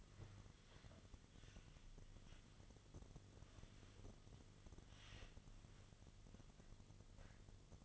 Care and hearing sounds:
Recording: daily activity, microphone in the room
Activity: wipe stove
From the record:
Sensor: 4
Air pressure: 1005.6 hPa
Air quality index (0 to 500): 108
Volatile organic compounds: 3 ppm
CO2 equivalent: 1354 ppm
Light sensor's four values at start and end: 12/28/11/10 and 12/27/11/10

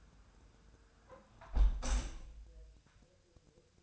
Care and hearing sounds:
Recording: daily activity, microphone in the room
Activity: close window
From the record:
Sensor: 2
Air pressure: 999.7 hPa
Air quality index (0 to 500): 219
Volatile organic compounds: 48 ppm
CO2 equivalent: 3264 ppm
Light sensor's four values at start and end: 8/20/8/8 and 8/19/8/8

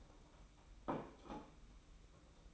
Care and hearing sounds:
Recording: daily activity, microphone in the room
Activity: place plate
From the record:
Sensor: 1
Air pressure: 991.8 hPa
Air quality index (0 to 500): 165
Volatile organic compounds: 1000 ppm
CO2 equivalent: 6223 ppm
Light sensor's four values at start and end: 28/98/38/38 and 29/98/38/38

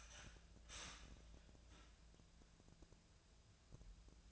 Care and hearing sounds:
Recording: daily activity, microphone in the room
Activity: start toaster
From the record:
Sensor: 2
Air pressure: 1000.1 hPa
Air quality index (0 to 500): 147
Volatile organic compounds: 2 ppm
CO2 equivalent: 1246 ppm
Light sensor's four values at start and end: 27/67/28/31 and 27/66/28/31

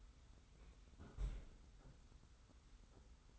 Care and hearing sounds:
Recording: daily activity, microphone in the room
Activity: close fridge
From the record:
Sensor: 3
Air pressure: 991.0 hPa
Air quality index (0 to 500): 120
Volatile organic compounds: 95 ppm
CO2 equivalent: 3723 ppm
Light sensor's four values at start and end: 31/73/29/27 and 31/73/29/27

